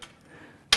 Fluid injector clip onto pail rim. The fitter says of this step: lift your handle up clip this in place snaps into place